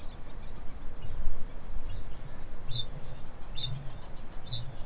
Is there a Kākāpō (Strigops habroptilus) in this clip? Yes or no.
yes